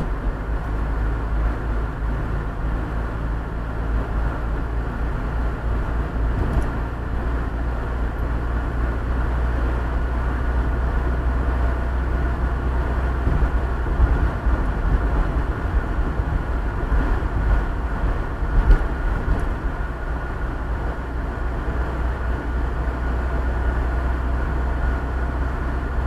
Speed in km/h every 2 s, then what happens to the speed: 53, 55, 56, 57, 60, 59, 62, 61, 60, 59, 59, 61, 62.
0-12 speeds up to 62. 12-26 steady at about 61.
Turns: none.